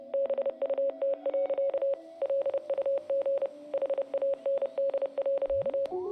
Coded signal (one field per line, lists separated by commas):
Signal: Morse code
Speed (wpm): 30 wpm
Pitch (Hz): 550 Hz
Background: none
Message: BUT. LUG HAND.